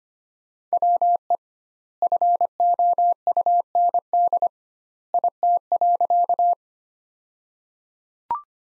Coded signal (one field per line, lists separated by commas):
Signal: Morse code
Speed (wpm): 25 wpm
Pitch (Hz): 700 Hz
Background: none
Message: WE FOUND IT.